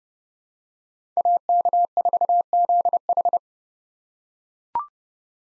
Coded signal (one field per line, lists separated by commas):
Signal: Morse code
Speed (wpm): 30 wpm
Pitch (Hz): 700 Hz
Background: none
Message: AK4ZH